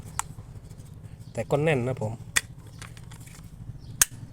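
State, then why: Seated. A fixed-blade ESEE 3 replica knife is worked into its hard plastic sheath; sharp ticks at about 0.2 and 2.4 s are heard while someone talks. At 4.0 s the knife is pushed fully in and the retention clicks home with a loud snap, seating it; the earlier attempt had not been pushed in all the way.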